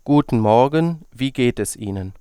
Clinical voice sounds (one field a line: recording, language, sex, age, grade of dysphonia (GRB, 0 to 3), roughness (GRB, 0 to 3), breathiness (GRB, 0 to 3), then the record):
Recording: spoken sentence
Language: German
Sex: male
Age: 20 to 29 years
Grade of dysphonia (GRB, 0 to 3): 0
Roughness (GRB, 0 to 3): 0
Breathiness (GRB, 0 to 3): 0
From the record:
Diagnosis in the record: healthy voice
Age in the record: 28 years